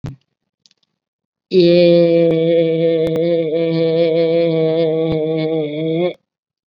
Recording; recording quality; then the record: sustained vowel as in made; excellent, no background noise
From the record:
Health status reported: COVID-19 positive, mild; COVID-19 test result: positive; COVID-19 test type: RT-PCR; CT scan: not taken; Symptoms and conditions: cough, fever, fatigue, muscle pain, diabetes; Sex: female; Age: 58 years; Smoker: no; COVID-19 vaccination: both doses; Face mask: worn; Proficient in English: yes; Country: India